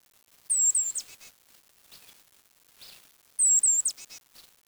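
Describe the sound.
Bird calls: two short bursts of very high, thin squeaky notes with quick rises and dips, separated by about two seconds of near silence.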